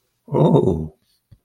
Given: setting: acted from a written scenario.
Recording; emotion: vocal sound without words; elation